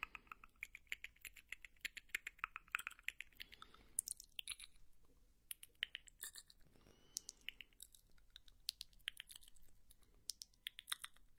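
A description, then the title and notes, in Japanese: Mouth sounds of crunchy snacks and candy: dense, rapid clicks, crackles and wet smacks, bunched in bursts with brief quieter gaps throughout. 口腔音｜跳跳糖、泡泡糖、香蕉、汽水儿、薯片。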